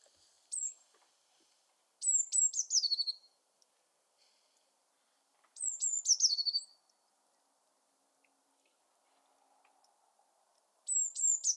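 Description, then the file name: Eurasian blue tit giving high-pitched calls, a brief note then phrases of thin opening notes running into a fast falling churr, spaced several seconds apart. "Cyanistes caeruleus"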